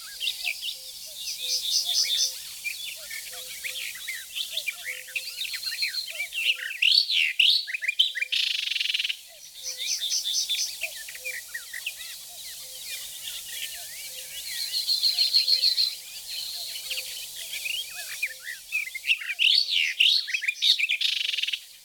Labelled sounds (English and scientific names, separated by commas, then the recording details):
Barred Warbler (Sylvia nisoria) song
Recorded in the wild
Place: Flögelner See, Schleswig-Holstein, DE
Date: 1985-05-24
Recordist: Schwarz, Dieter
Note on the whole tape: Song